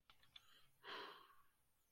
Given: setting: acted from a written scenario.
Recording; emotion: vocal sound without words; relief